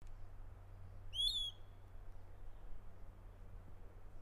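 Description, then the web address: Flycatcher uttering a single short, sharp, downslurred note with ringing overtones against a low steady hum. Local name tuquichico; song. "cantos tuquichico"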